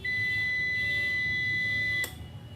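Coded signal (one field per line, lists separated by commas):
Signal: beep code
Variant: UPS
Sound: one steady high beep about two seconds long, ending with a click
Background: room hum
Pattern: 1 long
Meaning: UPS powered on and ready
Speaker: अब हम इसको दोबारा ऑन करके चेक करते हैं ठीक है हमारा अप्स तैयार हो चुका है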